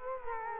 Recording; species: mosquito wingbeat signal from an infrared sensor; Culex quinquefasciatus